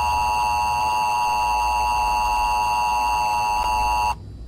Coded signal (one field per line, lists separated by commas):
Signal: Emergency Alert System (SAME) tones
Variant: 853 and 960 Hz attention tone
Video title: Rating my fictional countries eas alarm